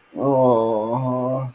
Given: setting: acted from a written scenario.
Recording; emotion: vocal sound without words; guilt